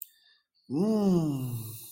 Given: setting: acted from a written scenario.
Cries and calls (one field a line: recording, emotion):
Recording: vocal sound without words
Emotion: embarrassment